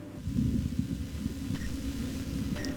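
Low, irregular rumbling and soft gurgles from an adult's stomach: ordinary bowel sounds of normal digestion.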